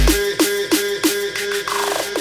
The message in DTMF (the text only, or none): none